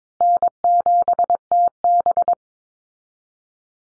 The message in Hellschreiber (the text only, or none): none